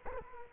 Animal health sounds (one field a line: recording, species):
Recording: mosquito wingbeat signal from an infrared sensor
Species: Culex quinquefasciatus